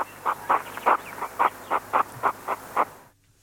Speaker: Det här är en igelkottshane som uppvaktar en hona.